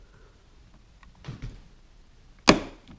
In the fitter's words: you should hear a click sound